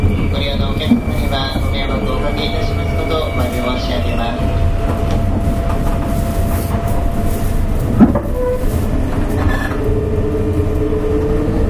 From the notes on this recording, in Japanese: JR201系電車の走行音